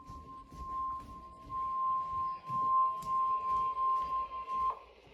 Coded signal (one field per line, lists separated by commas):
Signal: Emergency Alert System (SAME) tones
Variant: 1050 Hz attention tone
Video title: Flash Flood warning, KHB-59 #EAS #weather #youtubeshorts